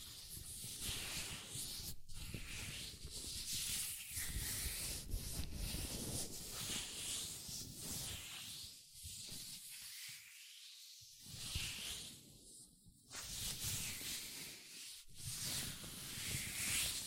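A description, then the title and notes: Latex gloves rub and stretch against hands in a continuous stream of squeaks and bright rustling hiss. The texture swells and eases in uneven waves, with short gaps of near silence around two, ten to eleven, and thirteen seconds. ASMR Latex Gloves Hand Sounds (No Talking).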